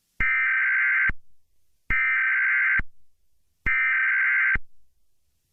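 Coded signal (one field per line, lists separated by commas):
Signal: Emergency Alert System (SAME) tones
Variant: header bursts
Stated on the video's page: Fictional scripted alert with valid SAME tones; simulated, not a real activation.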